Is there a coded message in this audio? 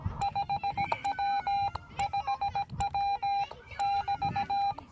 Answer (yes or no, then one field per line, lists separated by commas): yes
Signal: Morse code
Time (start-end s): 0.2-4.7 s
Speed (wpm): 18 wpm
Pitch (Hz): 810 Hz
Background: none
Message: 5W 5W <BT>